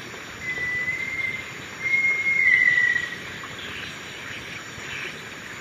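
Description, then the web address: Little tinamou: a long, pure whistled note that rises slightly then eases down, held for over two seconds, against a steady background hiss. Recorded in the eastern lowlands of South America. "Natures Songs S America Eastern Lowlands. Little Tinamou"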